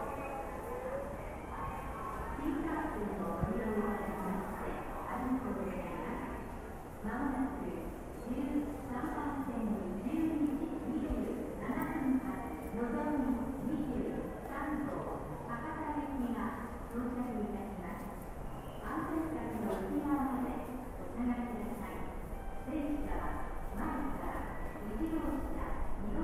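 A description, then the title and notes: Steady murmur of many people talking in a Japanese train station, voices overlapping without pause. Occasional light knocks and footsteps punctuate the chatter, and a low rumble sits underneath throughout. No train passes clearly. TRAIN STATION IN JAPAN AMBIENCE.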